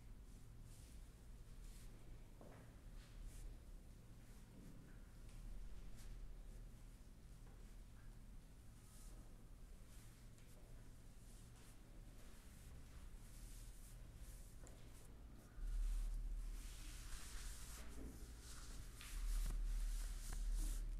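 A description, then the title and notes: A quiet chair massage, with soft rubbing and brushing strokes of hands over skin, hair and clothing, plus occasional light taps and shuffles. A low steady hum sits underneath throughout. The rubbing grows louder and denser after about fifteen seconds. Calming chair massage ASMR head, scalp, neck, hand and arms massage.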